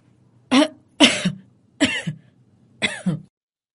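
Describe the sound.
A man gives a series of four deliberate, forced coughs, each a short harsh burst with a throaty tail, spaced unevenly with brief silences between them.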